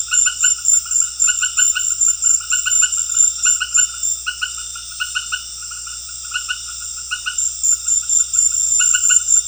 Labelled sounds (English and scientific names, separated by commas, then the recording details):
none
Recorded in pastures near Puerto Asís, Putumayo, Colombia, on 4 March 2025 at 18:30
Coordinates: 0.502, -76.324
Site GP07